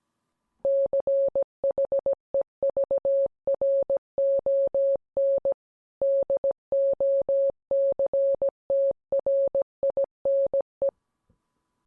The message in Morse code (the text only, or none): CHEVRON DOCTRINE